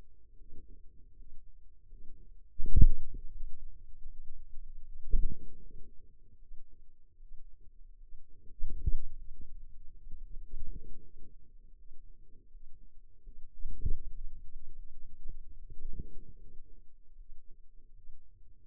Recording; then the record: forearm muscle sounds (acoustic myography)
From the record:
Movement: wrist flexion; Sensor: system 2, bracelet of six BSWA MPA416 microphones around the upper forearm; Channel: 2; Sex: female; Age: 23 years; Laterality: right